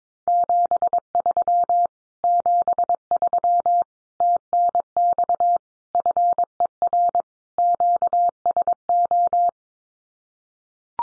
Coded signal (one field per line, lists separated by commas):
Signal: Morse code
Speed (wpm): 22 wpm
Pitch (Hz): 700 Hz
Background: none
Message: 73 73 TNX FER QSO